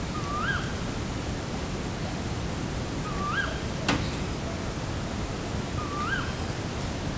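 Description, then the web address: Tawny owl giving three sharp, upslurred calls a few seconds apart, with a brief click midway and steady hiss throughout. At night in Perkupa, 2015; the bird was in flight. "allathangok termeszetben macskabagoly 2015 mozgasbanlevomadar ejszaka perkupa"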